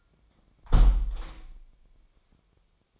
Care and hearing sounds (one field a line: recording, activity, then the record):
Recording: daily activity, microphone in the room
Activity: close window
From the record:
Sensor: 1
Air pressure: 1006.5 hPa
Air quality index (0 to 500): 210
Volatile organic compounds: 24 ppm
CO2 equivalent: 2823 ppm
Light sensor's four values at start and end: 11/30/11/13 and 11/30/11/13